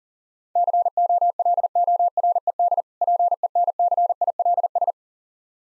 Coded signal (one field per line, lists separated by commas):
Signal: Morse code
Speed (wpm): 40 wpm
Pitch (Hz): 700 Hz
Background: none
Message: COLORED PENCILS